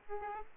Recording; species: mosquito wingbeat signal from an infrared sensor; Aedes albopictus